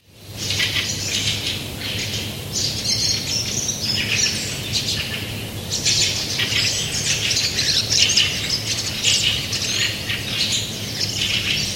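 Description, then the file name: Fieldfares calling as a group, dense harsh chacking and squawks, with a faint low hum beneath. Fieldfare colony. "hallrastas koloonia"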